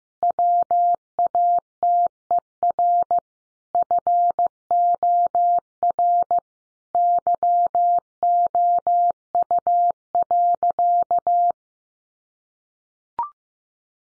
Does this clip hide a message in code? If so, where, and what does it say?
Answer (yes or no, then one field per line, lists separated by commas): yes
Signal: Morse code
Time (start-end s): 0.2-11.5 s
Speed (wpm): 15 wpm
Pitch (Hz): 700 Hz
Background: none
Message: WATER FOR YOU.